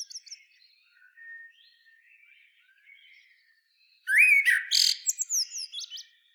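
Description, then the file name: Common blackbird: faint warbling for several seconds, then a sudden loud fluty phrase ending in shrill squeaky twitters. "Turdus merula"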